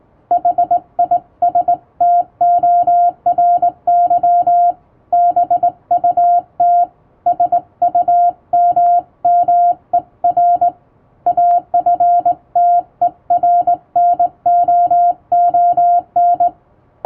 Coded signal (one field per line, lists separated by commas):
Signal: Morse code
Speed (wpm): 21 wpm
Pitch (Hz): 700 Hz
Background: music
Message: HISTORY BUT SUMMER AFTERNOON